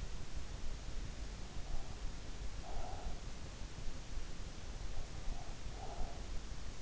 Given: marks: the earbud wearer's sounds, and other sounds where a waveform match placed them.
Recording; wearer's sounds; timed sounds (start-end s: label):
sounds in sleep by an in-ear microphone; breath
1.61-3.23 s: breath
4.89-6.35 s: breath